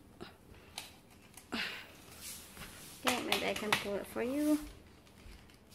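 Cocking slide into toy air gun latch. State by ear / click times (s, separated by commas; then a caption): not seated / none. A plastic cocking slide on a toy air gun is handled as it is pulled back toward its latch. There are a few faint, small clicks and knocks while someone talks. Nothing has seated or clicked yet.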